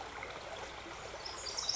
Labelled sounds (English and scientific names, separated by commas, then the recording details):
Pacific Wren (Troglodytes pacificus)
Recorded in Sonoma County, California